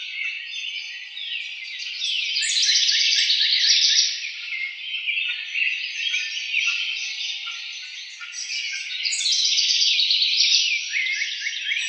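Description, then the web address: House wren, an energetic bubbling song of rapid trills in long run-on bursts that rise and fall in loudness. Recorded 4 January 2007. "House Wren 2007 01 04 House Wren 02"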